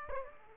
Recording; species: mosquito wingbeat signal from an infrared sensor; Aedes aegypti